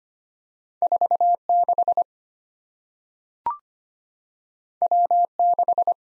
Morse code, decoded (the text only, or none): 46 W6